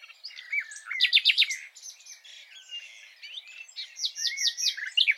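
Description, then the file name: Common nightingale song: a slurred whistle, a quick cluster of repeated sharp notes, varied warbling, then another rapid burst of repeated notes. "Luscinia megarhynchos"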